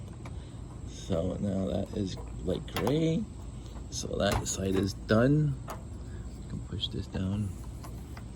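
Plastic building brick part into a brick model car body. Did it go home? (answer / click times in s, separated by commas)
yes / 8.2 s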